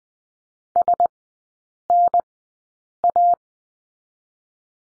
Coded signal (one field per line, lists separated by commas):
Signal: Morse code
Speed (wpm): 20 wpm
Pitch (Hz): 700 Hz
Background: none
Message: SNA